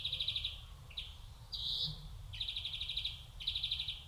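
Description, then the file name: European greenfinch with quick buzzy trills and one smoother, wheezier note in the middle, over a low background hum. "Chloris chloris"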